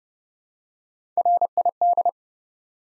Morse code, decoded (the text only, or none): RID